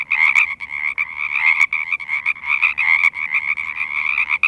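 Sierran treefrog chorus of raspy, pulsed croaks overlapping steadily for the whole stretch, with a few sharp clicks.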